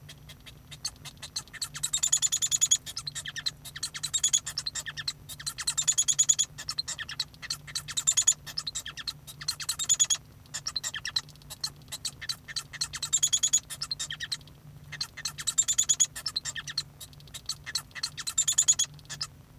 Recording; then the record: song of a male Bengalese finch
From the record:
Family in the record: son of father 1